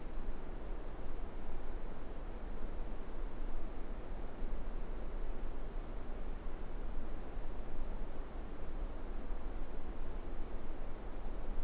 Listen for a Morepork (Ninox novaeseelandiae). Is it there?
no